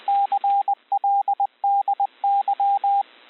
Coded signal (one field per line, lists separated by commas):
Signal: Morse code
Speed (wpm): 20 wpm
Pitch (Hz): 800 Hz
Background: radio noise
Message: CLDY